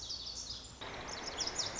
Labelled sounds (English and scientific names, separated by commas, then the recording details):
Lazuli Bunting (Passerina amoena)
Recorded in Sonoma County, California